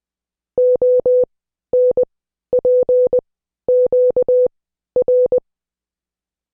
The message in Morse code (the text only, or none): ONPQR